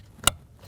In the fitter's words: Install the connector for the blower motor. Push until you hear a click.